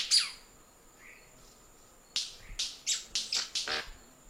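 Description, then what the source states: White-bearded manakin snaps: one sharp snap, then after a pause a rapid series of sharp, dry cracks, one breaking into a brief buzzy roll. Song; known locally in Portuguese as rendeira.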